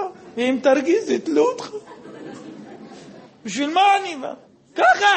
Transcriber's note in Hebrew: הקהל צוחק